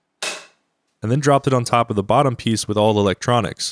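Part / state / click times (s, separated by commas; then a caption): magnetic top hatch onto 3D-printed drone body / seated / 0.2 s. A 3D-printed plastic top hatch with press-fit magnets is dropped onto the bottom piece of a drone body holding the electronics, and it snaps shut with a single sharp click at 0.2 s. The hatch is seated in place, and then someone talks.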